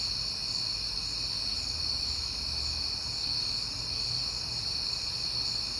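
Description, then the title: Crickets trilling nonstop in a high, level drone, with a faint low hum beneath. On a peaceful night in September. "Night Time: Crickets and Passing Cars"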